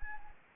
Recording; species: mosquito wingbeat signal from an infrared sensor; Anopheles gambiae